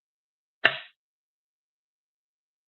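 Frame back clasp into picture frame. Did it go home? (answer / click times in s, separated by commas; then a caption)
yes / 0.7 s. The back clasp of a vintage picture frame holding a 4x6 piece of glass is pressed shut. A single sharp click sounds at 0.7 s, bright between about 500 Hz and 4 kHz, and fades within a quarter second into silence. The clasp latches and the frame back is seated shut.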